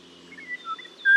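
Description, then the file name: Eurasian golden oriole whistling, several brief liquid notes then a louder clear fluted whistle at the end. "Mathias Ritschard - Obyknovennaya ivolga Oriolus oriolus (Zvyki com)"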